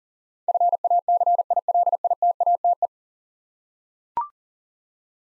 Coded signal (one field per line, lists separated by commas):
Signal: Morse code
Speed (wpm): 40 wpm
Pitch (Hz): 700 Hz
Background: none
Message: FACILITATE